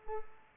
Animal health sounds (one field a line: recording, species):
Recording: mosquito wingbeat signal from an infrared sensor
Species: Culex pipiens